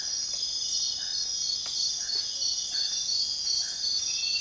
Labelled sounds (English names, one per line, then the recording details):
none
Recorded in dense forest near Puerto Asís, Putumayo, Colombia, on 19 February 2024 at 04:30
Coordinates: 0.500, -76.322
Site G6465